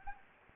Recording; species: mosquito wingbeat signal from an infrared sensor; Anopheles gambiae